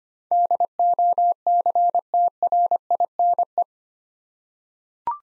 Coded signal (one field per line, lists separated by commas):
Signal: Morse code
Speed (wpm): 25 wpm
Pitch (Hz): 700 Hz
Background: none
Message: DOCTRINE